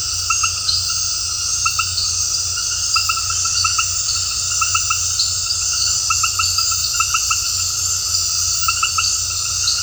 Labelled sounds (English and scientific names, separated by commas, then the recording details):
none
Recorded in dense forest near Puerto Asís, Putumayo, Colombia, on 8 March 2025 at 20:00
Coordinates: 0.468, -76.322
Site GP01